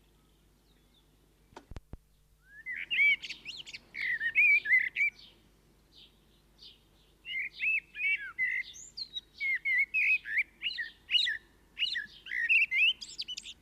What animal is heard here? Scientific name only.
Turdus merula